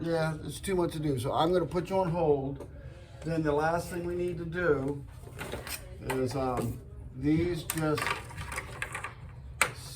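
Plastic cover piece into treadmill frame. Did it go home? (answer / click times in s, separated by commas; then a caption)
yes / 9.6 s. Someone talks while a plastic cover piece is pressed onto the frame of a Landice L7 treadmill after its walk belt has been installed. A few light clicks come first, then the piece snaps into place with a sharp hit at 9.6 seconds.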